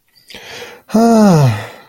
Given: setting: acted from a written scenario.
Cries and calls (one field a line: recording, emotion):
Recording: vocal sound without words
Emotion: contentment